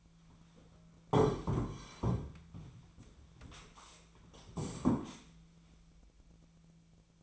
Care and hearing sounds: daily activity, microphone in the room; sit down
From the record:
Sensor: 1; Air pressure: 1008.2 hPa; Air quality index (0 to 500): 191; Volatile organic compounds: 17 ppm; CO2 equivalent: 2587 ppm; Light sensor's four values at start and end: 14/36/14/17 and 15/38/15/17

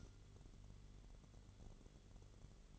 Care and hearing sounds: daily activity, microphone in the room; light on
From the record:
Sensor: 4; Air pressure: 1008.6 hPa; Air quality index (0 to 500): 94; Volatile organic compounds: 1 ppm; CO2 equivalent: 705 ppm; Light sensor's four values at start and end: 12/28/11/11 and 13/31/12/12

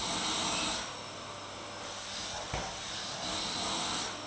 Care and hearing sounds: daily activity, microphone in the room; vacuum cleaning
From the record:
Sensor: 3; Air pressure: 991.0 hPa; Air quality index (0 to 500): 129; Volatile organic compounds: 151 ppm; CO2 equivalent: 4026 ppm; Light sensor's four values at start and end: 30/72/29/27 and 30/72/29/27

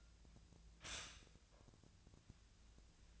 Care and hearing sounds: daily activity, microphone in the room; stop toaster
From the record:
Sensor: 2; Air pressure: 1009.2 hPa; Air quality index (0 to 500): 186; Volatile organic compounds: 11 ppm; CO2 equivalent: 2313 ppm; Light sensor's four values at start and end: 23/57/24/26 and 23/57/24/26

